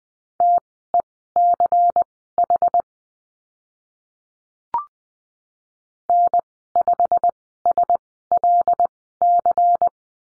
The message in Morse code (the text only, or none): TECH N5SLC